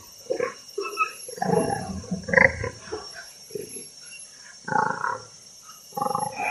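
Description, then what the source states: Orangutan laughter: breathy grunting bursts and inhaled pants in irregular clusters, with short pauses between bouts and no clear voiced ha-ha syllables. Young orangutan laughing, replayed; laughter has much grunting and inhaling, less vocalized than human laughter.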